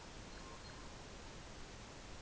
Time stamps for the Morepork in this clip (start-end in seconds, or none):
none